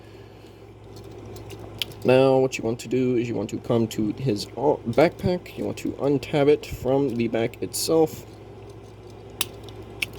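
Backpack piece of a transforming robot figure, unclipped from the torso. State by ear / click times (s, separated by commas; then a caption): released / 9.4 s. Someone talks while handling a Transformers Studio Series 86 Voyager Class Hot Rod plastic transforming robot figure, then unclips his backpack piece from the torso. A sharp click is heard at 9.4 s as the backpack releases, followed by small clicks.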